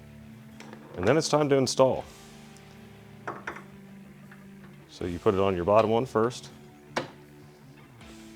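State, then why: Seated. Someone talks over background music while the lower end socket of an aftermarket WOT Performance hood gas strut for the FL5, FK8 and DE5 is pushed onto its lower ball stud mount, with the clasp pulled back. A single sharp snap at 7.0 s marks the strut end seating onto the stud.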